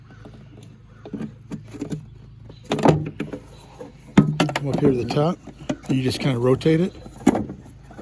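A tail light bulb socket on a Dodge Ram is handled and rotated into the top position of the plastic tail light housing while someone talks, with several short handling knocks and taps. The socket is being twisted but has not seated or clicked in yet.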